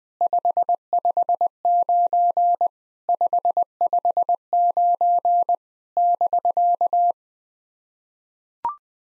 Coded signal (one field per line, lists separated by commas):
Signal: Morse code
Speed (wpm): 21 wpm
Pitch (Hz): 700 Hz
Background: none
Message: 559 559 <BK>